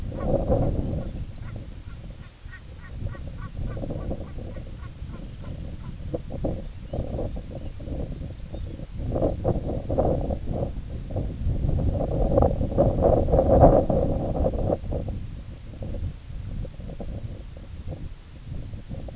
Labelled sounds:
unidentified sound
Lapland Longspur
Semipalmated Sandpiper
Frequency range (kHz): Lapland Longspur 2.4-5.0 kHz; Semipalmated Sandpiper 2.7-3.9 kHz
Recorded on Arctic tundra, site IGLO-A, on 20 June 2018
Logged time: 07:59

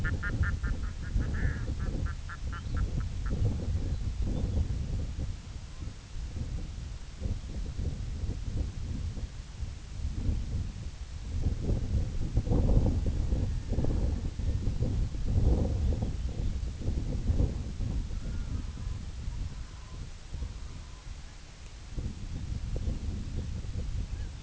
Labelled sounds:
Red-throated Loon
Lapland Longspur
unidentified sound
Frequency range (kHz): Lapland Longspur 2.4-4.7 kHz
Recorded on Arctic tundra, site IGLO-A, on 21 June 2018
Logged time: 15:59

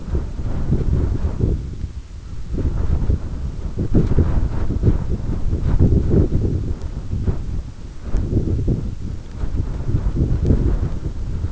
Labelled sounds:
Canada Goose
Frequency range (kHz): Canada Goose 0.5-1.6 kHz
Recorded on Arctic tundra, site EABA-1, on 22 June 2018
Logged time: 14:00

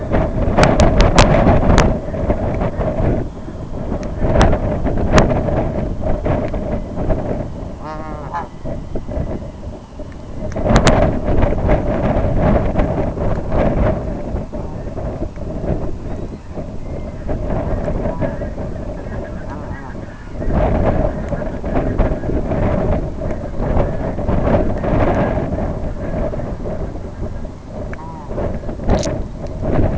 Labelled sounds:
Brent Goose
unidentified sound
Red-throated Loon
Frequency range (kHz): Brent Goose 0.1-6.2 kHz; Red-throated Loon 0.1-2.9 kHz
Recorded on Arctic tundra, site IGLO-B, on 25 June 2018
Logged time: 19:59

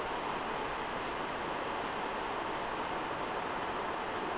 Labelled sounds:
none
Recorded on Arctic tundra, site NAIT-1, on 29 June 2018
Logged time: 01:00

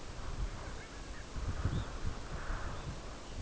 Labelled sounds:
Long-tailed Duck
unidentified sound
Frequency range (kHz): Long-tailed Duck 0.6-3.2 kHz
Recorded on Arctic tundra, site UTQI-5, on 14 June 2019
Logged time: 04:00

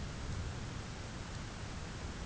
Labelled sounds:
none
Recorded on Arctic tundra, site ZACK-1, on 9 June 2019
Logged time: 17:49

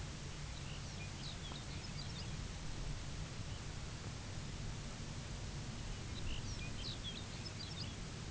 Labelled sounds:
Lapland Longspur
unidentified sound
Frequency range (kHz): Lapland Longspur 1.7-6.5 kHz
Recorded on Arctic tundra, site UTQI-0, on 17 June 2019
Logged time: 18:00

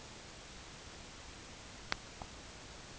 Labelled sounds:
none
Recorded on Arctic tundra, site UTQI-5, on 18 June 2019
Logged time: 20:00

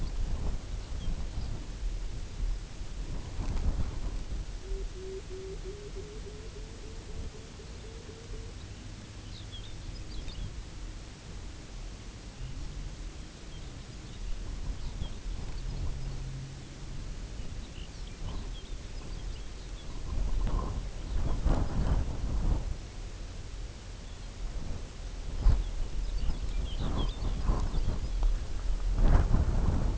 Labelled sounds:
unidentified sound
Pectoral Sandpiper
Lapland Longspur
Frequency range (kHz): Lapland Longspur 1.8-6.3 kHz
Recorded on Arctic tundra, site UTQI-0, on 16 June 2019
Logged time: 20:00

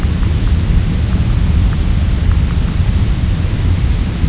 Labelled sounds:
none
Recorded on Arctic tundra, site UTQI-0, on 11 June 2019
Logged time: 08:00

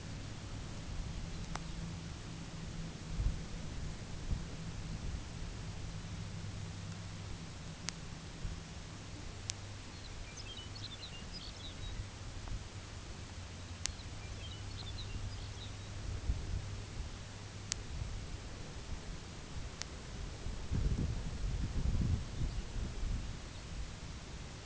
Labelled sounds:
unidentified sound
Lapland Longspur
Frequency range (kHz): Lapland Longspur 1.8-7.0 kHz
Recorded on Arctic tundra, site UTQI-5, on 19 June 2019
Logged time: 22:00

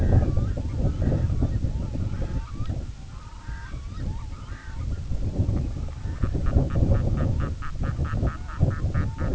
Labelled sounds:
Red-throated Loon
unidentified sound
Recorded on Arctic tundra, site IGLO-A, on 17 June 2018
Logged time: 19:59

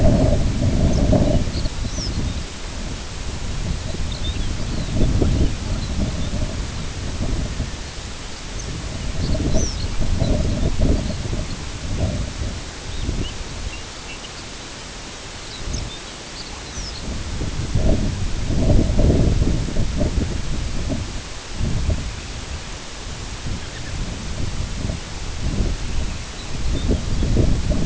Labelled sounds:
Lapland Longspur
Red Phalarope
unidentified sound
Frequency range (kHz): Lapland Longspur 2.3-7.0 kHz; Red Phalarope 2.7-4.1 kHz
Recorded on Arctic tundra, site IGLO-B, on 22 June 2018
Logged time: 21:59

